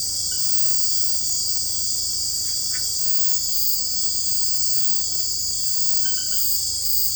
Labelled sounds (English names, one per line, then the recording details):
none
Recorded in dense forest near Puerto Asís, Putumayo, Colombia, on 18 February 2024 at 02:30
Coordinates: 0.487, -76.319
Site G6403